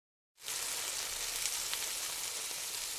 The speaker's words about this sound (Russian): Когда я вылил яичную смесь на раскаленную сковороду, где уже шкварчала ветчина, и кухня наполнилась аппетитным ароматом, она не выдержала.